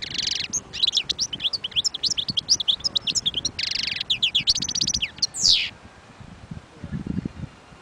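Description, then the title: European goldfinch song, a fast liquid twitter of sharp high notes broken by harsh buzzy bursts and ending on a sharp squeak, with faint low rumble underneath. Wild bird. "اجمل غناءالحسون الخلويchant chardonneret sauvage collection"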